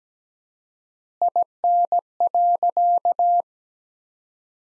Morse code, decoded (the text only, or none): IN.